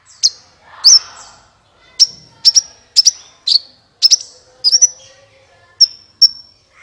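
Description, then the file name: Olive-backed Sunbird chirps: single and paired high, sharp notes at irregular intervals. "suara kolibri ninja"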